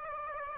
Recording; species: mosquito wingbeat signal from an infrared sensor; Aedes aegypti